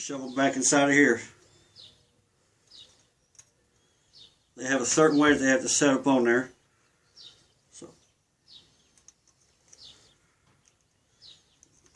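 Wire terminals are lined up by hand to sit a certain way before being pushed into a plastic connector housing. Someone talks, and quiet handling noises and small ticks follow. Nothing has seated or clicked yet.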